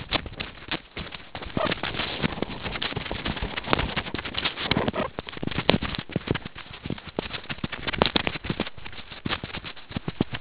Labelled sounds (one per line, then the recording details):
meerkat close call
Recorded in the Kuruman River Reserve, South Africa
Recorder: an audio tag on a meerkat's collar